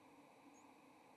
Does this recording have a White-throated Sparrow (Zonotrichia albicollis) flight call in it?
no